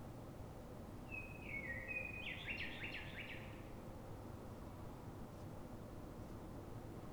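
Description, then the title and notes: Common blackbird song: a brief low whistled opening that breaks into a bright, scratchy twitter, then silence apart from a steady background rumble. City blackbird singing before dawn in Fuenlabrada, Madrid, Spain, so other blackbirds can hear it before human noise begins; described as a call sound; recorded with a Zoom H1n recorder. "Pl. de Francisco Escolar, 10, 28944 Fuenlabrada, Madrid, España - Sonido Reclamo de Mirlo. Mirlo cantando, es un sonido de reclamo. Normalmente los Mirlos de las ciudades cantan antes del amanecer"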